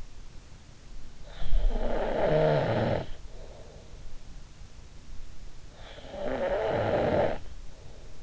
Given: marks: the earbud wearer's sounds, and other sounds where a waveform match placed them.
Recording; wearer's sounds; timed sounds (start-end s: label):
sounds in sleep by an in-ear microphone; snoring breath
1.27-3.94 s: snoring breath
5.78-8.23 s: snoring breath